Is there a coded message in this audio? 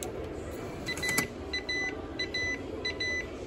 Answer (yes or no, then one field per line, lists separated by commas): no